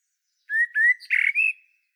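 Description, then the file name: Common blackbird phrase of two sweet rising whistles, a rattling scratchy twitter, and a final clear high note. "Turdus merula"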